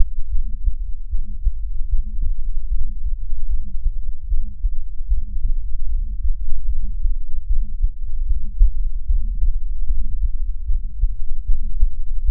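Steady, regular low-pitched heartbeats at about 73 per minute, with a continuous low whooshing rumble running between the beats. This is a heart murmur, the sound of turbulent blood flow through the heart.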